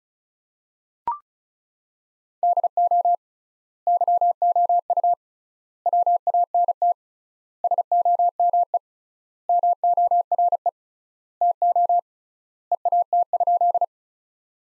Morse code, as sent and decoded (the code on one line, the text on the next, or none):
-.. --- / -.-- --- ..- / .-- .- -. - / ... --- -- . / -- --- .-. . / - --- / . .- - ..--..
DO YOU WANT SOME MORE TO EAT?